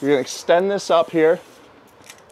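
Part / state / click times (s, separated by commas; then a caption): support rail lock clip on an RV awning arm / seated / 2.1 s. Someone talks while extending the support rail on an R-pod RV awning arm upward, then flips up the internal lock clip on the rail. A single short, sharp click at 2.1 s marks the clip flipping shut, locking the rail's length in place.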